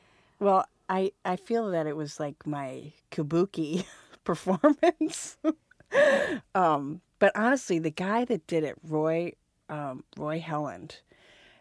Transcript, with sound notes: Well, I feel that it was, like, my Kabuki performance. (laughs) But honestly, the guy that did it, Roy Helland